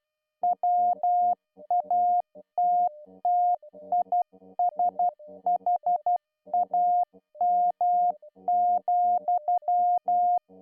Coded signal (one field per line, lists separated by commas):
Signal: Morse code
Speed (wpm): 12 wpm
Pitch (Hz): 710 Hz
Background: music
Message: WATTISHAM,